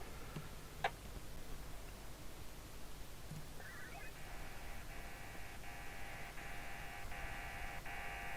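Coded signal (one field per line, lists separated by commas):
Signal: HF data modem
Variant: VARA FM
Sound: brief click, then steady buzzy multi-tone hum with short dropouts about every 0.75 s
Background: radio hiss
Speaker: Let's try and auto tune again with the server.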